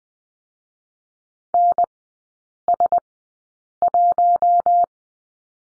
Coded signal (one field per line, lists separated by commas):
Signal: Morse code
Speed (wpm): 20 wpm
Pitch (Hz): 700 Hz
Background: none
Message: NS1